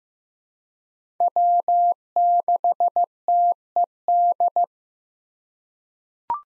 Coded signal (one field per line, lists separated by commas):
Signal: Morse code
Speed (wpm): 16 wpm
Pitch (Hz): 700 Hz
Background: none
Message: W6TED